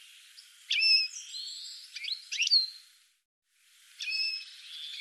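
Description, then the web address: Bird giving a few high notes separated by pauses, with a short silent gap before another note. "cianscape birddata"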